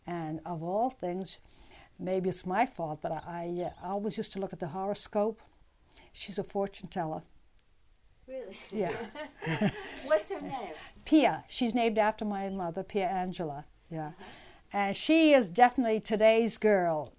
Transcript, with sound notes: And, of all things, maybe it's my fault, I always used to look at the horoscope, she's a fortune teller.
Really? ( they laugh ) What's her name?
Pia. She's named after my mother, Pia Angela. Yeah. And she is definitely today's girl.